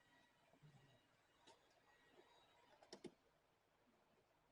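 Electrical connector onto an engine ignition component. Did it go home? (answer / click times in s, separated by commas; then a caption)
yes / 2.9 s. A plastic electrical connector is pushed square back onto an engine ignition component on an F-150 during reassembly after a water-leak misfire repair. A few soft ticks are heard, with a sharp click at 2.9 s followed by another tick at 3.0 s. The connector is seated.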